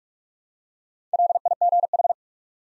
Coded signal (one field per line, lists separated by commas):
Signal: Morse code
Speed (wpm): 47 wpm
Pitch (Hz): 700 Hz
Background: none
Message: LIGH